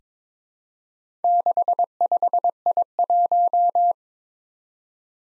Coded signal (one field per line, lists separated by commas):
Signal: Morse code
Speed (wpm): 22 wpm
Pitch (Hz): 700 Hz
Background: none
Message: 65I1